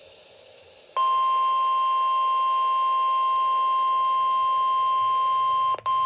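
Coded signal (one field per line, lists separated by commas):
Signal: Emergency Alert System (SAME) tones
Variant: 1050 Hz attention tone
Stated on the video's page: NOAA Weather Radio severe thunderstorm warning for Berks, Carbon, Lehigh, Monroe and Northampton counties, Pennsylvania.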